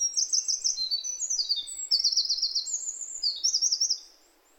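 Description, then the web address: Bird song: rapid high-pitched trills and sweeping notes, delivered in quick sequences for about four seconds, then fading to quiet. "yacho koe"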